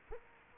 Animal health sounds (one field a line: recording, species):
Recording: mosquito wingbeat signal from an infrared sensor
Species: Culex quinquefasciatus